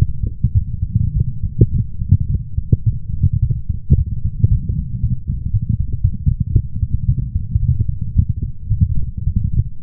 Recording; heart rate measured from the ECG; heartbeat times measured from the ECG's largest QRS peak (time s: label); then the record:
heart sounds by stethoscope; 110 bpm
0.53 s: heartbeat
1.14 s: heartbeat
1.72 s: heartbeat
2.28 s: heartbeat
2.84 s: heartbeat
3.40 s: heartbeat
3.96 s: heartbeat
4.49 s: heartbeat
5.01 s: heartbeat
5.51 s: heartbeat
6.02 s: heartbeat
6.53 s: heartbeat
7.06 s: heartbeat
7.60 s: heartbeat
8.14 s: heartbeat
8.68 s: heartbeat
9.24 s: heartbeat
9.81 s: heartbeat
From the record:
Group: healthy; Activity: light exercise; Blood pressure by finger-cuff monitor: 129/69 mmHg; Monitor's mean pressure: 91 mmHg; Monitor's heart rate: 111 bpm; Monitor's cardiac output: 9.4 L/min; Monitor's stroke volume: 88 mL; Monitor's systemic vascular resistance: 700 dyn s/cm5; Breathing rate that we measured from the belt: 19 breaths a minute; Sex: female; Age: 24 years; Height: 163 cm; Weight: 55.7 kg